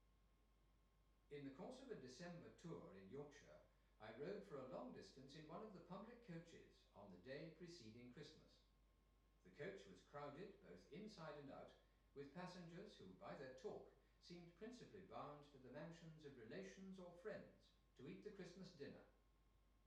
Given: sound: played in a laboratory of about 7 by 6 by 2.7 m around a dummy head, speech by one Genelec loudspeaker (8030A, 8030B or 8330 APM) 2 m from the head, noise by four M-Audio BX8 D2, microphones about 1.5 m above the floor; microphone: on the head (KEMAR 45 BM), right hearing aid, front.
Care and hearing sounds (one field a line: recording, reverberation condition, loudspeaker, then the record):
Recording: male speech in English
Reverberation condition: medium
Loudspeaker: 150 degrees to the left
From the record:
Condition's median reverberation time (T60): about 510 ms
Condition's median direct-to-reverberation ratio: about -0.5 dB